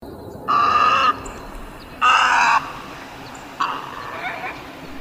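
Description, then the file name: Snowy egret calling with rough, buzzy squawks: two strong half-second croaks about one and a half seconds apart, followed by a weaker, trailing rasp. "AZFO SNEG 3"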